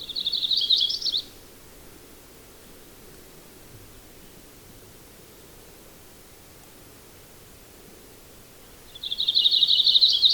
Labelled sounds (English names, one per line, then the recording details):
Yellow-rumped Warbler song
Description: Audubon's Warbler song recorded on the Gem Lake Trail in Rocky Mountain National Park
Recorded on 22 June 2015